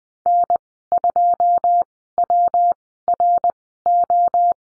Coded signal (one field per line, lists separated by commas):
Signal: Morse code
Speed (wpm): 19 wpm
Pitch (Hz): 700 Hz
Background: none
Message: N2WRO